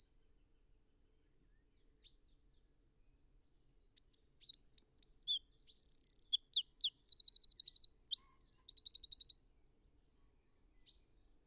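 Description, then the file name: Eurasian wren song lasting about six seconds: quick high whistled notes, a buzzy burst and rapid trills, then quiet with a single faint note. "Troglodytes troglodytes"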